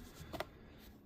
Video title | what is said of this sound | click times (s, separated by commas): 2015 Kia Sorento Cabin Air Filter Replacement – Step-by-Step DIY | it'll just clip in there. | 0.4 s